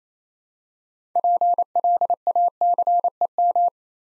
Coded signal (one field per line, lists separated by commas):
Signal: Morse code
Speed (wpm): 28 wpm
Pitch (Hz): 700 Hz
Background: none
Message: PLACEM